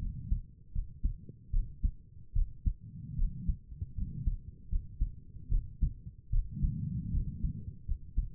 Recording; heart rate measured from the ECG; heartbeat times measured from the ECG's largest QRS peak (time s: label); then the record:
heart sounds by stethoscope; 76 bpm
0.00 s: heartbeat
0.73 s: heartbeat
1.52 s: heartbeat
2.34 s: heartbeat
3.17 s: heartbeat
3.96 s: heartbeat
4.70 s: heartbeat
5.50 s: heartbeat
6.31 s: heartbeat
7.12 s: heartbeat
7.87 s: heartbeat
From the record:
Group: healthy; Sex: female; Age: 22 years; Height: 163 cm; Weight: 67.1 kg